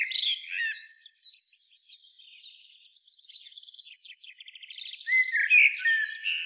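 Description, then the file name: Common blackbird singing: a mellow warble opens, then a long run of thin high twittering and rapid trills before another rich fluted phrase near the end. "Turdus merula"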